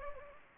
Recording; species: mosquito wingbeat signal from an infrared sensor; Anopheles gambiae